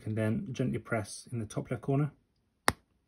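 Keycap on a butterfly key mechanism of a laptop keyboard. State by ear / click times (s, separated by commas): seated / 2.7 s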